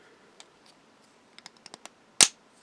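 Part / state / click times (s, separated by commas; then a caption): plastic toy toolbox into its holder on a toy car set / seated / 2.2 s. A plastic toolbox accessory for a Playmobil Knight Rider KITT toy car set is pushed into its holder on the car. A few faint, soft ticks occur between about 0.4 and 1.9 s, followed by one loud, sharp click at 2.2 s as the toolbox seats in place.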